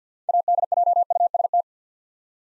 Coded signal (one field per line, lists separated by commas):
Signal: Morse code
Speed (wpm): 52 wpm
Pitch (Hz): 700 Hz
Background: none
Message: ADJUST